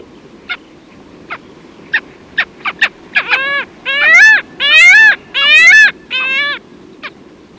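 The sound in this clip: Arctic skua calls, short sharp notes building into a series of loud, drawn-out nasal wailing cries with rich harmonics, then tapering off, over a low steady rumble.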